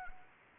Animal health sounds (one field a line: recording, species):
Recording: mosquito wingbeat signal from an infrared sensor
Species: Anopheles arabiensis